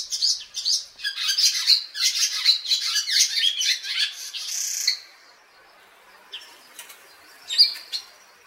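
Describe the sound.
Barn Swallow chattering in a fast, scratchy twitter for about five seconds, then after a pause a few scattered sharp chirps.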